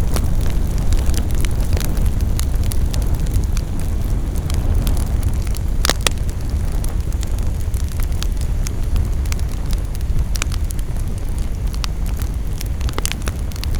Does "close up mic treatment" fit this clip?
no